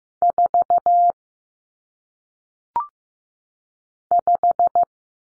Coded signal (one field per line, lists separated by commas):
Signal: Morse code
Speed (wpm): 15 wpm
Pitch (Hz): 700 Hz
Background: none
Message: 4 5